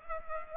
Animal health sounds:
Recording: mosquito wingbeat signal from an infrared sensor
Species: Culex pipiens

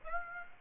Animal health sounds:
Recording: mosquito wingbeat signal from an infrared sensor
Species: Aedes aegypti

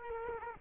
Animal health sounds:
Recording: mosquito wingbeat signal from an infrared sensor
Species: Culex quinquefasciatus

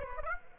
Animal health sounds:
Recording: mosquito wingbeat signal from an infrared sensor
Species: Aedes aegypti

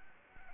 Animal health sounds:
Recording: mosquito wingbeat signal from an infrared sensor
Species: Anopheles arabiensis

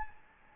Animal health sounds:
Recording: mosquito wingbeat signal from an infrared sensor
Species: Anopheles gambiae

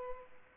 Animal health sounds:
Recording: mosquito wingbeat signal from an infrared sensor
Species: Culex pipiens

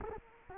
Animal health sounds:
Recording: mosquito wingbeat signal from an infrared sensor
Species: Culex quinquefasciatus

